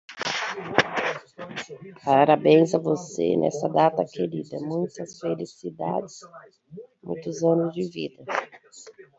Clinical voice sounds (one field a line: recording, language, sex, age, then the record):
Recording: short text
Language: Brazilian Portuguese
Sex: female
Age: 30 to 39 years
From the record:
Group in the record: control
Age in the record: 37 years